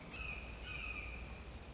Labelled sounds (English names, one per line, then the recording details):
Red-shouldered Hawk
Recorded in Sonoma County, California